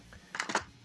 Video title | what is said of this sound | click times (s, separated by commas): Vepr 12 Show and Tell | So you hear a click like that it means that the mag is inserted properly. | 0.4 s, 0.6 s